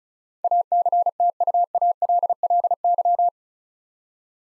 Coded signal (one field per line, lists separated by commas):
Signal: Morse code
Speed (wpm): 34 wpm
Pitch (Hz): 700 Hz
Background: none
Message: ACTUALLY